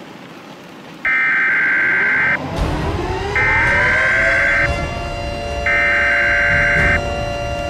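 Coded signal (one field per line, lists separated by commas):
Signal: Emergency Alert System (SAME) tones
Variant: header bursts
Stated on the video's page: Fictional PDS Tornado Watch scenario for an invented place.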